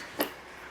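The side rigging fitting on an AudioStandard V8 line array speaker cabinet is opened, and it releases with a single short, sharp tick at 0.2 s. A faint steady background follows, and the fitting is left open.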